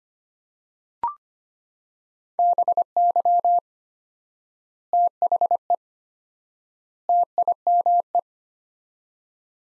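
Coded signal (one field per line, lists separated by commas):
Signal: Morse code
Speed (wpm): 25 wpm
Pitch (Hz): 700 Hz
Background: none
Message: BY THE TIME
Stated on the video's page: Morse phrase-copy practice at 25 wpm, sets of three words with 4x word spacing, similar to the Farnsworth method; words sent, spoken, then sent again.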